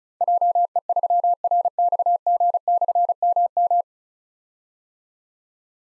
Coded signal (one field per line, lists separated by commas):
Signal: Morse code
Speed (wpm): 36 wpm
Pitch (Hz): 700 Hz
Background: none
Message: JE3RXG/MM